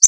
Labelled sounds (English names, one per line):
Connecticut Warbler flight call